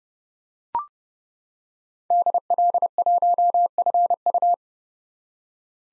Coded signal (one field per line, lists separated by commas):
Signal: Morse code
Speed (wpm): 30 wpm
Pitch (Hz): 700 Hz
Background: none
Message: DL1FU